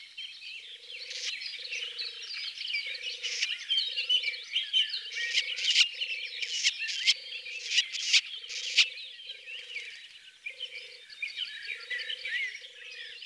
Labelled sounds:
Red-backed Shrike (Lanius collurio) song
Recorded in the wild
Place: Merdingen bis Ihringen / Kaiserstuhl, Baden-Württemberg, DE
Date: 1979-05-26
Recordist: Schwarz, Dieter

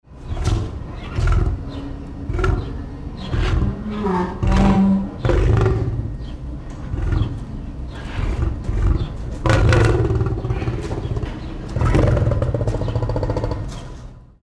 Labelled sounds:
Lion (Panthera leo)
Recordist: Tembrock, Günter
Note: Rufe des Männchens während der Ranz

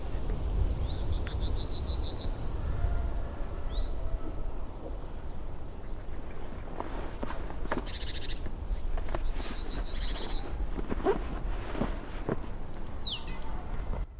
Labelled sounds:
Yellowhammer (Emberiza citrinella)
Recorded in the wild
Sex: male
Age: adult
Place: Kremmen, Kremmener Luch, Brandenburg, DE
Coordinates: 52.7494, 13.0642
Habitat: village
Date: 2013-03-16
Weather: sunny, almost windless, -10°C
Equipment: Sound Devices 702, Sennheiser MKH 70, Rycote Windschutz
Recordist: Frommolt, Karl-Heinz
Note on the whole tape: Kremmen OT Amalienfelde: Gesang von zwei Goldammern

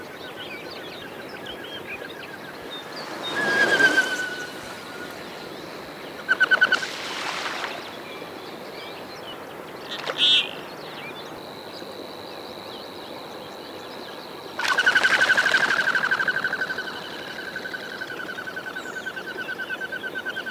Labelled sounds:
Common Goldeneye (Bucephala clangula)
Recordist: Frommolt, Karl-Heinz

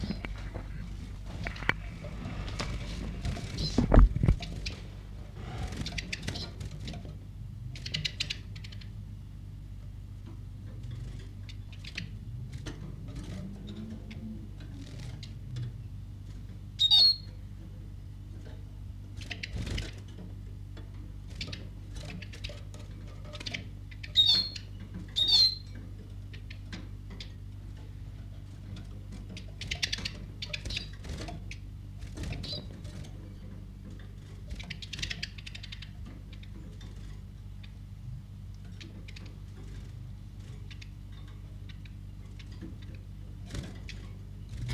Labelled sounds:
Eurasian Siskin (Spinus spinus) call
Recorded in captivity
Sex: diverse
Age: adult
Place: Zoologisches Institut Universität Tübingen, Baden-Württemberg, DE
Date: 1958-05-05
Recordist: TSA

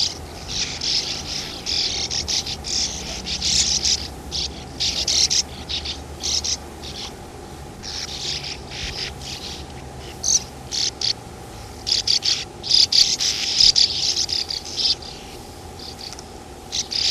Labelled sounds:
Sand Martin (Riparia riparia)
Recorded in the wild
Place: Gossfelden, DE
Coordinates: 50.8561, 8.74
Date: 1965-07-20
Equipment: Uher Report 4000, AKG D190
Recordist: Krey, Winfried

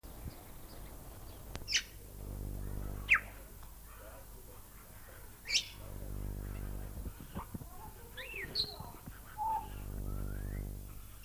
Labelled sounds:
Grey Parrot (Psittacus erithacus) call
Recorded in captivity
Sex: group
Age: adult
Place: Tierpark Berlin, Berlin, DE
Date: 1998-03-28 11:05
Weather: bedeckt, ca. 10°C
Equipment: Nagra SN, Kopie Uher 4000 Report Monitor
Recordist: Tembrock, Günter

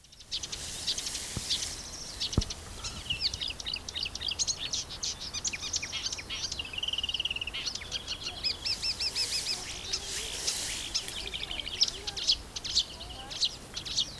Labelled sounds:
Marsh Warbler (Acrocephalus palustris)
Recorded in the wild
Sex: male
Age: adult
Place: Karower Teiche, Naturpark Barnim, Berlin, DE
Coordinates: 52.622, 13.46
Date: 1992-05-16 11:20
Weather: sonnig, ca. 20-22°C
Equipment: Nagra SN, Mikrofon AKG CK 8, Kopie Tesla B 116
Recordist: Tembrock, Günter

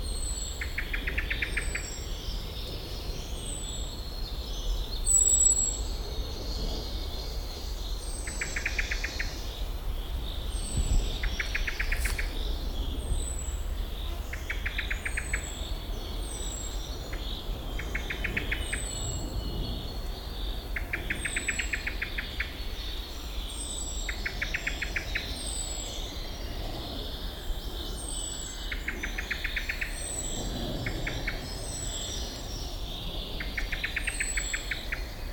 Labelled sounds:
Common Blackbird (Turdus merula) call
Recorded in the wild
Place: Bucher Wald, Berlin, DE
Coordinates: 52.65, 13.48
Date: 1995-06-05 12:36
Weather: sonnig, 18°C
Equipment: Sony WM-D6C, Sennheiser ME 80, Kopie Uher 4000 Report Monitor
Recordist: Tembrock, Günter

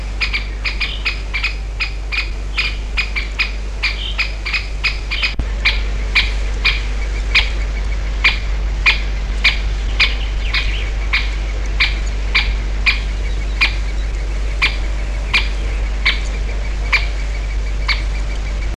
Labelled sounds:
Great Spotted Woodpecker (Dendrocopos major) alarm call
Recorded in the wild
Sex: pair
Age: adult
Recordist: Meyer, Hugo

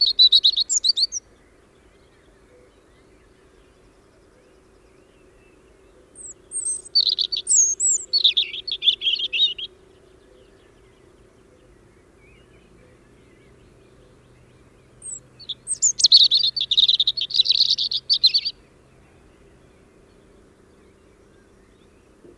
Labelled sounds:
European Robin (Erithacus rubecula) song
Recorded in the wild
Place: Lakatnik, Sofia, BG
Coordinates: 43.053, 23.409
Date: 1974-05-18
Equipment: Nagra III BH, Sennheiser MD 21, parabola
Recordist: Schubert, Michael

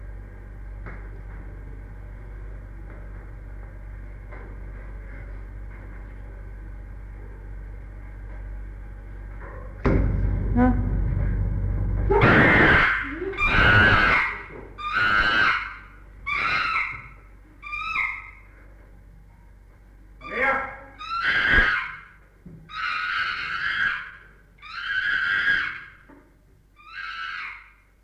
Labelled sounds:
Chimpanzee (Pan troglodytes)
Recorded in captivity
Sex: diverse
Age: adult
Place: Tierpark Berlin, Berlin, DE
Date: 1961-01-18
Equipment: Smaragd
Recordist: Korde and Stein
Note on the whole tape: Angstschreien (soll eingekremt werden); Susi: Laute (Berufspraktikum-Protokoll)

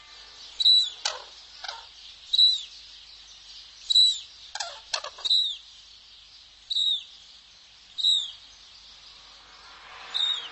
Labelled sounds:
Red-crowned Crane (Grus japonensis) call
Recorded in captivity
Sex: diverse
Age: diverse
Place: Zoo Berlin, Berlin, DE
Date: 1998-12-22 13:43
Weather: 0°C, bedeckt
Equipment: Sony MD-WM MZ-R3, Sennheiser MKH 416 T, Kopie Uher 4000 Report Monitor
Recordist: Tembrock, Günter

